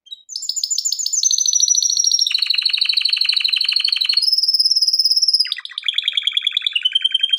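Canary song: long rapid rolling trills that shift pitch in steps, dropping to a lower buzzing roll, then jumping to a high, thin sustained tour.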